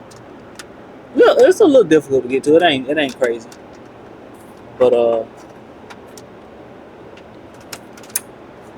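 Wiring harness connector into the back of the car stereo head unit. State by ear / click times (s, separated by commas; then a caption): seated / 7.7 s, 8.2 s. Someone talks while plugging a car wiring harness connector into the back of an aftermarket EONON HAC2X7 head unit during a radio install in a Honda Accord. Small taps are heard, then the connector clicks and locks into place at 7.7 s and 8.2 s, fully seated.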